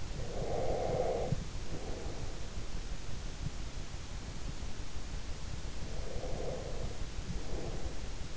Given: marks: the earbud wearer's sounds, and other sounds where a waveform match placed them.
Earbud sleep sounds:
sounds in sleep by an in-ear microphone; breath
0.00-2.59 s: breath
5.67-8.18 s: breath

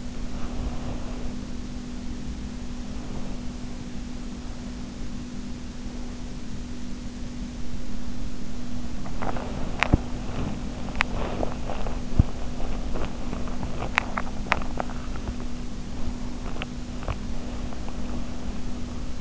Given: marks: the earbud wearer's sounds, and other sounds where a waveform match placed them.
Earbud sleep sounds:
sounds in sleep by an in-ear microphone; body movement, swallowing, teeth grinding
0.00-1.75 s: body movement
9.11-10.66 s: swallowing
10.18-19.21 s: body movement
10.83-12.02 s: swallowing
13.74-15.48 s: swallowing
16.31-17.26 s: teeth grinding

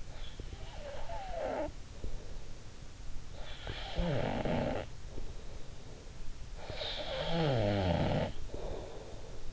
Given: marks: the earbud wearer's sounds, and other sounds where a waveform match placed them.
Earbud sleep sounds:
sounds in sleep by an in-ear microphone; snoring breath
0.37-2.65 s: snoring breath
3.30-6.06 s: snoring breath
6.64-9.53 s: snoring breath

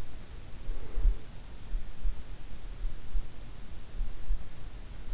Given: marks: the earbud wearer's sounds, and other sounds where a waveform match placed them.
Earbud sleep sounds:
sounds in sleep by an in-ear microphone; breath
0.31-1.91 s: breath

